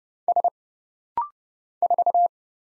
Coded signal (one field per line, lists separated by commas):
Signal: Morse code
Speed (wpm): 29 wpm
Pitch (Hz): 700 Hz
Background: none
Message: S 4